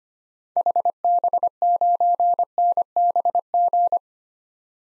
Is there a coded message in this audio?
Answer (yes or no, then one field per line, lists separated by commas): yes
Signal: Morse code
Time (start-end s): 0.6-4.0 s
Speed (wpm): 25 wpm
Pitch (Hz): 700 Hz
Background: none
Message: HB9NBG